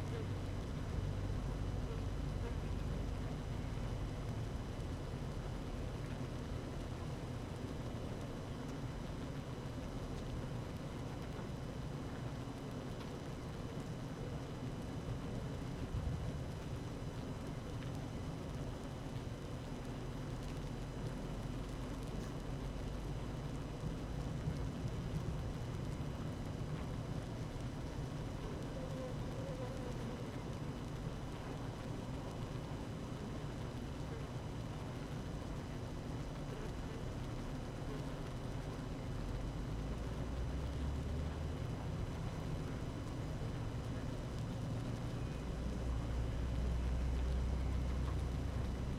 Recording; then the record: honeybee colony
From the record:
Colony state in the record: active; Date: 12 June 2018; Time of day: 12:31